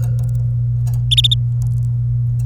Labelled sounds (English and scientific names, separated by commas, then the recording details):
Domestic Canary (Serinus canaria) song
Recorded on 27 April 2018 at 10:31
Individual llb3